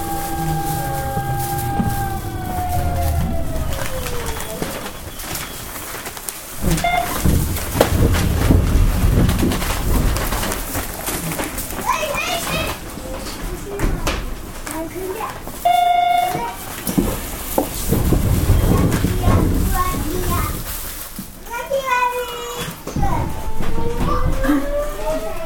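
A Hanshin Electric Railway 5500 series train runs with a steady low rumble and rattle throughout. A motor whine slides downward in the first seconds as it slows, a short steady tone sounds near sixteen seconds, and rising whines return near the end as it speeds up.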